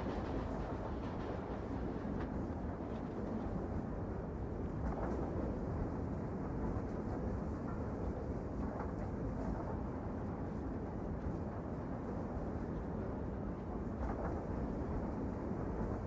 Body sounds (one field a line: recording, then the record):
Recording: background sound without coughing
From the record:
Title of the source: Train Ride Ambience ambient white noise for sleeping, focus, studying, reading